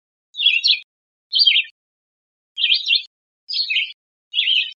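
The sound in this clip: Red-eyed vireo singing five brief, warbled phrases separated by short pauses, with no other sounds.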